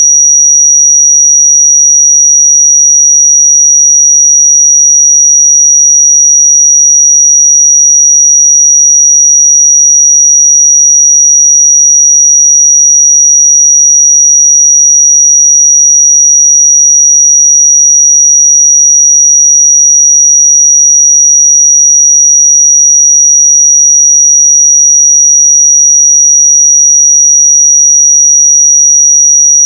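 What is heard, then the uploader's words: A pure sine tone at 5777 Hz holds for the full thirty seconds, high and thin with a piercing, whistle-like pitch. Level and pitch stay perfectly steady throughout, and there is nothing else in the background, only the lone tone against silence. 5777 Hz 1 Hz Interval Sine Pure Tone Frequency 441000 Sample Mono.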